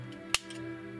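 The fold-out plastic landing wheels on the underside of a 1990 Toy Biz Captain America Turbo Coupe toy vehicle are popped out. A single sharp click at 0.4 s marks them snapping into their deployed position over a steady low hum. The wheels are seated in place.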